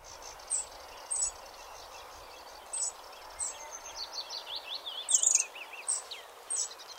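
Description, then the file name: Eurasian wren: scattered sharp, high ticks and a quick warbling, wavering phrase in the middle, over a steady hiss. "Troglodytes troglodytes"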